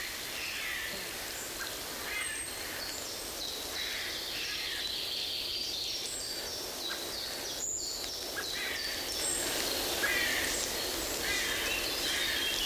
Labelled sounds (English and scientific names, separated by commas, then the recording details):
Common Blackbird (Turdus merula) call
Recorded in the wild
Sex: male
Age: adult
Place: Mühlenbecker Land, OT Summt, Brandenburg, DE
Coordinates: 52.6928, 13.3553
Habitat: spruce thicket
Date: 1988-07-09 15:00
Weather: fair, few clouds, 17-21°C, gusty winds
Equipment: Sony WM-D6C, Kopie Tesla B 116
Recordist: Tembrock, Günter